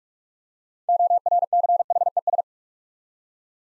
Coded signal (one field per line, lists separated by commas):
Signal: Morse code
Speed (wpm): 47 wpm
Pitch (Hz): 700 Hz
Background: none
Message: ORCHES